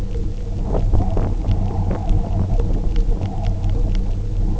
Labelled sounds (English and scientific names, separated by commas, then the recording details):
none
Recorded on Arctic tundra, site UTQI-0, on 27 June 2018
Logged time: 10:00